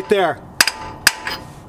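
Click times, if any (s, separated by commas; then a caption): 0.6 s, 1.1 s. Someone talks briefly, then an oil seal for a Toyota rear axle (ABS rear end), started by hand, is hammered into the rear axle housing with a driver. Two sharp strikes land at 0.6 s and 1.1 s, each followed by a quieter rebound. The seal bottoms out in the housing and is fully seated.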